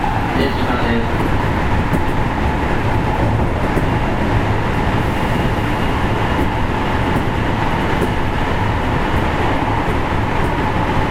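A 207 series electric train running, its low rumble steady and dense for the whole stretch. A faint tone holds above the roar, brief bright ticks and clicks recur every second or so, and a short rising whine comes near the start.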